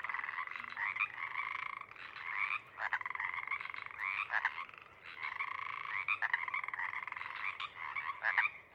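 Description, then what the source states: Pacific Chorus Frogs in a busy chorus, pulsed creaking trills and sharp ribbits overlapping, several frogs calling with only short pauses. More frogs of a pod joining the calling after sunset, up from overnight burrows; recorded night of April 21–22, 2019, Sinlahekin Valley.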